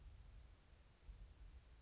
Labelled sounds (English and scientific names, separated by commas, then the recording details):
Spotted Towhee (Pipilo maculatus)
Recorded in Sonoma County, California